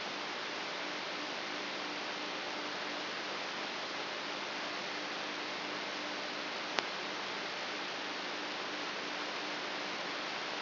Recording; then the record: brain microelectrode recording played as sound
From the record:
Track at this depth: inside the subthalamic nucleus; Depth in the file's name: 6.016 mm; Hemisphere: left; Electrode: 3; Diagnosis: Parkinson's disease